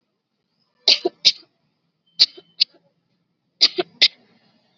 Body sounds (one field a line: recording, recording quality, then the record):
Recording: shallow voluntary cough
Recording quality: excellent, no background noise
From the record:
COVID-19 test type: RT-PCR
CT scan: not taken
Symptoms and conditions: none ticked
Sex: female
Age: 18 years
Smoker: no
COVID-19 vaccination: both doses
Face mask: worn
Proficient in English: yes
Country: India